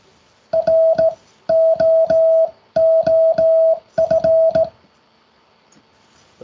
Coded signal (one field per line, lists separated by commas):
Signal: Morse code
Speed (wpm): 18 wpm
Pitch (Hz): 650 Hz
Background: music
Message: ROOF